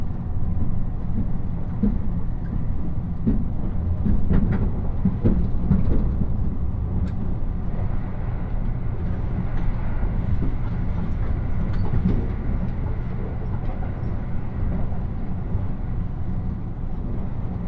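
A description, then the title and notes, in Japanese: A Nishi-Kyushu Shinkansen train running from Nagasaki toward Saga, with a steady, heavy low rumble that holds an even level throughout. Scattered sharp clicks and light knocks come through, most often in the first seven seconds and again around twelve seconds. 西九州新幹線 長崎→佐賀。西九州新幹線の全線通し、全駅停車の列車に乗って佐賀まで向かいます。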